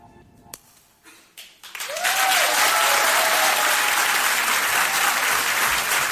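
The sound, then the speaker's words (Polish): A few scattered sounds give way to a sudden swell of dense crowd applause for a debut act receiving the Polish Radio Trójka Mateusz award in the entertainment category, holding loud and steady, many hands clapping at once, with a faint whistle-like tone gliding through early on. “Brawa dla nich.”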